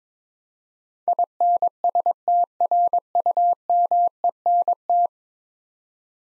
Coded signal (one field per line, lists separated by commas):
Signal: Morse code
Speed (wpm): 22 wpm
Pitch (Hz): 700 Hz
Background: none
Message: INSTRUMENT